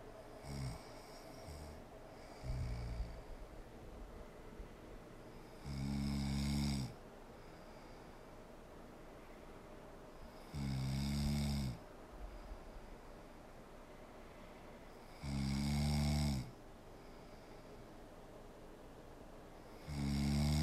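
A woman snoring: loud, low-pitched snores with a buzzing harmonic tone, recurring about every four to five seconds (roughly 13 per minute), with quieter breathing in between.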